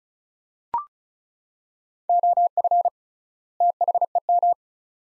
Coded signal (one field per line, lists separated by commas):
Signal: Morse code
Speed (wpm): 34 wpm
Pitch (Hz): 700 Hz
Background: none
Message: OF THEM